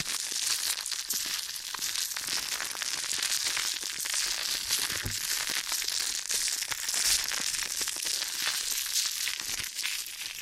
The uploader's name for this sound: ASMR Ear & Scalp Massage and Cleaning